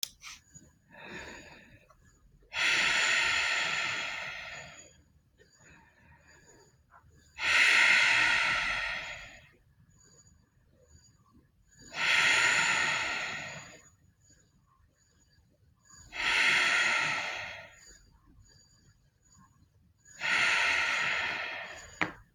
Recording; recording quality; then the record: deep breathing; excellent, no background noise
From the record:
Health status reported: healthy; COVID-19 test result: negative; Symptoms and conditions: none ticked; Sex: female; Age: 55 years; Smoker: not ticked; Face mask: not worn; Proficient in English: yes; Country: India